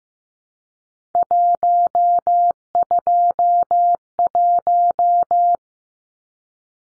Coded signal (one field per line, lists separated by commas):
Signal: Morse code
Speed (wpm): 15 wpm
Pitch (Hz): 700 Hz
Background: none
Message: 121